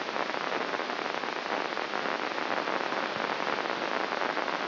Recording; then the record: brain microelectrode recording played as sound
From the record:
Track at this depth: inside the subthalamic nucleus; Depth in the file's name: 4.03 mm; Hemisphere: left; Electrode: 3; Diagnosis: Parkinson's disease